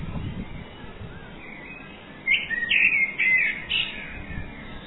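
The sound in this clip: Bird twittering, quiet at first, then a cluster of sharp, quick chirps lasting about two seconds against a soft background rumble.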